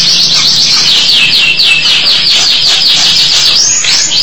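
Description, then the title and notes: Starling giving a dense, fast chatter of high whistled and trilled notes, ending in rising slurred whistles. "suara burung jalak"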